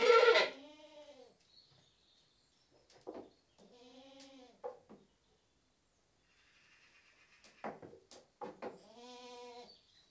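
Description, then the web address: Goat bleating: a loud harmonic bleat at the start, then several quieter, wavering bleats with short sharp sounds in between. British goat bleating. "The BBC Sound Effects Library. British Goat Bleating 1"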